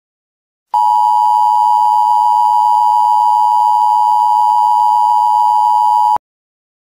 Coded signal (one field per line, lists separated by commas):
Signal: Emergency Alert System (SAME) tones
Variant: 853 and 960 Hz attention tone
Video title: Brexit Catastrophe: An EAS Scenario